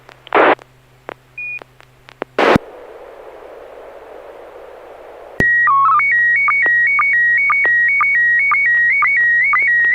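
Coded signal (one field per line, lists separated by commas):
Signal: SSTV (slow-scan television)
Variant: PD120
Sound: short clicks, then hiss, then a steady warbling tone with regular low chirps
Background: FM radio hiss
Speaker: and I'm going about to share an image myself this will be pd120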